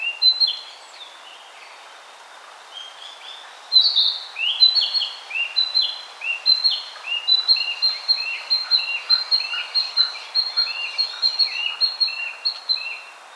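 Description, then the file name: Narcissus flycatcher song: a long run of bright whistled two-part phrases, rapidly repeated and slightly varied. "Ficedula narcissina"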